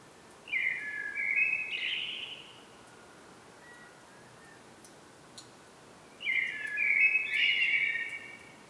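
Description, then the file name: Common blackbird song: two mellow, fluty warbled phrases separated by a quiet pause of several seconds, over a soft steady background hiss. "Turdus merula"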